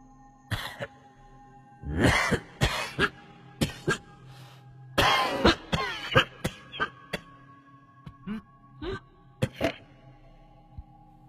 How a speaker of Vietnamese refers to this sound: Chị Hợi đang gật gù dựa đầu vào cột, chợt có tiếng ho sồng sọc ở trong buồng đặt xác của ông Tuấn.